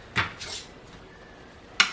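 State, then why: Released. A reusable plastic Tattler canning lid, suspected of not sealing, is pulled off the glass rim of a home-canned jar of beef bone broth. Light handling clatters sound at about 0.2 and 0.5 seconds, then the lid lifts off easily with a sharp clatter at 1.8 seconds. The jar had not sealed.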